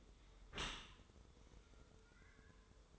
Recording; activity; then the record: daily activity, microphone in the room; close dishwasher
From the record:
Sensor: 3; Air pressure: 1014.9 hPa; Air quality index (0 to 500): 39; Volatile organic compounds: 1 ppm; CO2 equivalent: 587 ppm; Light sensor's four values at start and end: 12/27/11/11 and 12/26/11/11